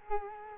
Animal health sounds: mosquito wingbeat signal from an infrared sensor; Culex quinquefasciatus

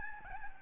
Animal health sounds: mosquito wingbeat signal from an infrared sensor; Aedes albopictus

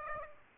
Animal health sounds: mosquito wingbeat signal from an infrared sensor; Aedes aegypti

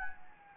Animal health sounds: mosquito wingbeat signal from an infrared sensor; Anopheles gambiae

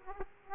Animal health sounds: mosquito wingbeat signal from an infrared sensor; Aedes aegypti

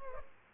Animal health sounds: mosquito wingbeat signal from an infrared sensor; Culex pipiens

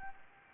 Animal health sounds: mosquito wingbeat signal from an infrared sensor; Anopheles gambiae

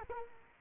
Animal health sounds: mosquito wingbeat signal from an infrared sensor; Culex quinquefasciatus

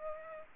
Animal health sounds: mosquito wingbeat signal from an infrared sensor; Aedes aegypti

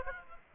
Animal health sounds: mosquito wingbeat signal from an infrared sensor; Aedes aegypti

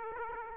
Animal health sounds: mosquito wingbeat signal from an infrared sensor; Aedes aegypti

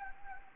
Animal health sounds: mosquito wingbeat signal from an infrared sensor; Anopheles gambiae

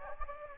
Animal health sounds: mosquito wingbeat signal from an infrared sensor; Anopheles gambiae

